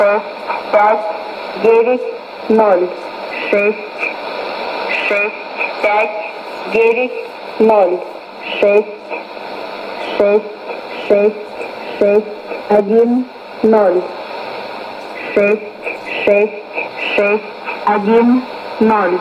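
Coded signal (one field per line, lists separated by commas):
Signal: numbers station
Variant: S06s Russian Lady, Russian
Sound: a woman's voice reading short words, likely numbers, at steady intervals through radio static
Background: radio static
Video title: 12 09 2018 S06s Russian Lady numbers station in Russian to Eu 0834 on 9255 unknown tx site USB+AM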